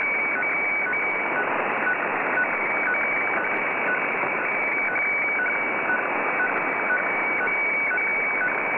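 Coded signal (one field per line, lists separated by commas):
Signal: weather fax (radiofax)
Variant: 120 lines per minute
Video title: JFW Fukushima Prefecture Fisheries Radio (Japan) (tentative) - 6414.5 kHz (FAX)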